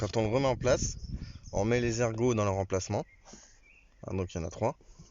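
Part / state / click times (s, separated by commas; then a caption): cabin air filter housing cover into car dashboard housing / not seated / none. The plastic cover of a cabin air filter housing is being refitted into its housing in a car dashboard, its lugs set into their slots while someone talks. Faint handling sounds come through between the speech, with a quiet stretch around 3–4 seconds. Nothing has seated or clicked yet; the cover is still to be pushed home at the top.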